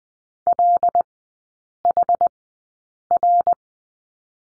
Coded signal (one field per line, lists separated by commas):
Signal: Morse code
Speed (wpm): 20 wpm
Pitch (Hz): 700 Hz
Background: none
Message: L H R